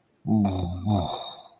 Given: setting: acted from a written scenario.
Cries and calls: vocal sound without words; shame

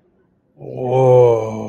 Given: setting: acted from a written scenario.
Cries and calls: vocal sound without words; awe

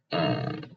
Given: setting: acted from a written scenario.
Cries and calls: vocal sound without words; embarrassment

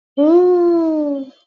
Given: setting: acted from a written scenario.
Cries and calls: vocal sound without words; adoration

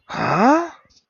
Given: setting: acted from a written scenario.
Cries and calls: vocal sound without words; negative surprise

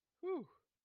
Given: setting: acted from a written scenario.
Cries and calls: vocal sound without words; relief

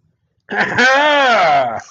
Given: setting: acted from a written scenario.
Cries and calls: vocal sound without words; triumph

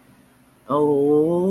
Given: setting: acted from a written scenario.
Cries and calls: vocal sound without words; sympathy

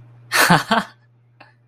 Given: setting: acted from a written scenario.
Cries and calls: vocal sound without words; amusement

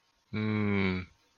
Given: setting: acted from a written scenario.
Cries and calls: vocal sound without words; disappointment

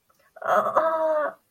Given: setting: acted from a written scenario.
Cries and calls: vocal sound without words; pain

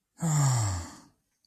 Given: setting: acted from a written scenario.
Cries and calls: vocal sound without words; disappointment

